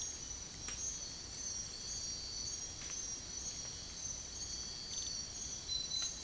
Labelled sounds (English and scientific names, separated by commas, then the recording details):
none
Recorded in dense forest near Puerto Asís, Putumayo, Colombia, on 22 June 2025 at 04:30
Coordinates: 0.503, -76.323
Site G059